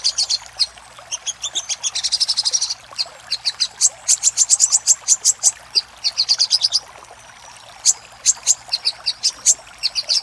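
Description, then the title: Little spiderhunter: spaced, high, sharp notes and short buzzy trills, then a silent gap of about a second before the chips resume. Master recording made for training caged birds; Indonesian name Sogok Ontong. "Masteran Burung Sogok Ontong Labaik"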